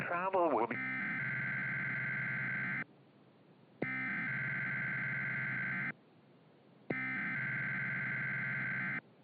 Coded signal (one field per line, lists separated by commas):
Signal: Emergency Alert System (SAME) tones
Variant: header bursts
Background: speech